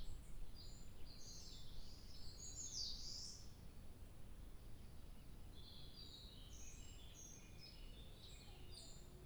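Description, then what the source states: Bird song: a burst of high, quick twittering notes near the three-second mark, with fainter scattered chirps later over steady low background rumble. Recorded on 2 July 2023.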